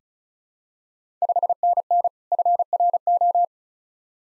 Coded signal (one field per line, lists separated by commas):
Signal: Morse code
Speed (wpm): 36 wpm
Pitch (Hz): 700 Hz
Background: none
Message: 5NN FRO